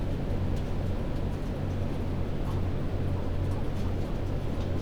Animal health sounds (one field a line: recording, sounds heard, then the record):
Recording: poultry house recording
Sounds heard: healthy chickens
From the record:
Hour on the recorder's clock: 21